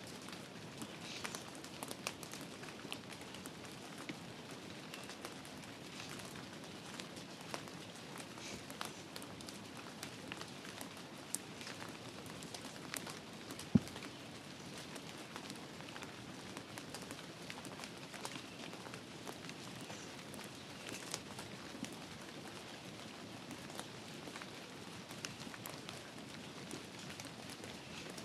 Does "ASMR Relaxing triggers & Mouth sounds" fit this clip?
no